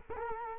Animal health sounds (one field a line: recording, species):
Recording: mosquito wingbeat signal from an infrared sensor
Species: Culex quinquefasciatus